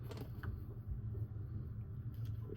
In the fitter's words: I heard it click too, so that's a good thing.